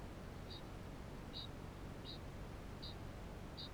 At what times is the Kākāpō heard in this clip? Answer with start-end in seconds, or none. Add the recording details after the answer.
0.27-3.73. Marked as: faintness 3/5. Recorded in New Zealand. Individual Barnard